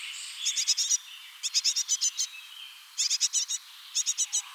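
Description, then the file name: Great tit rattling calls, several quick harsh ticks per burst, four bursts in under five seconds. "Parus major"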